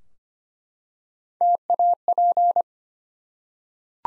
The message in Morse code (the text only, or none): TAP